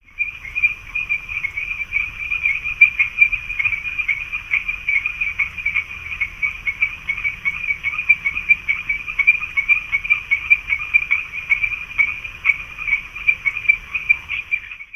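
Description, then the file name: Strecker's chorus frog calls: short, high, clear notes repeated rapidly and overlapping in a steady chorus throughout, over a faint low rumble. "pstreckeri"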